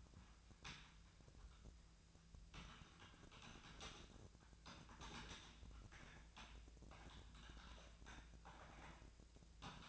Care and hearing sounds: daily activity, microphone in the room; typing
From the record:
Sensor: 2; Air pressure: 1000.0 hPa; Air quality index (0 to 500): 129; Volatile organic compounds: 2 ppm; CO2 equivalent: 1105 ppm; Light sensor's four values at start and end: 24/61/26/29 and 24/60/26/28

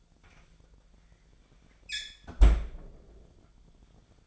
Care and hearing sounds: daily activity, microphone in the room; close fridge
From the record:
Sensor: 5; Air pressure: 1009.8 hPa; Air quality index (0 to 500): 162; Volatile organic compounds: 4 ppm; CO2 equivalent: 1573 ppm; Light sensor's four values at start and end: 131/331/139/148 and 128/325/136/145

